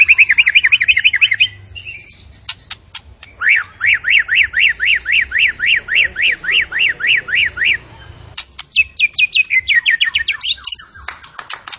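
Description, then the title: White-rumped shama song with a run of rising-falling whistles, then a long steady series of similar notes, followed by high chips and trills. Lure sound of an energetic white-rumped shama singing its full repertoire, meant to stir up other shamas. "PANCINGAN MURAI BATU. MURAI GACOR SUPER EDAN SEMUA MATERI DI KELUARIN COCOK BUAT DONGKRAK EMOSI. SHAMA BIRD"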